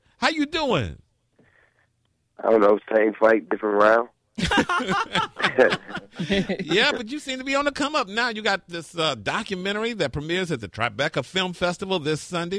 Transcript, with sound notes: How you doing?
I don’t know, same fight, different round.
(Laugh) Yeah, but you seem to be on the come up now, you got this documentary that premiers at the Tribeca Film Festival this Sunday.